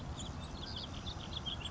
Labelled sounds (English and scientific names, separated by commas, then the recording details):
Savannah Sparrow (Passerculus sandwichensis)
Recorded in Sonoma County, California